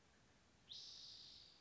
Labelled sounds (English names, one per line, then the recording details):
Spotted Towhee
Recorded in Sonoma County, California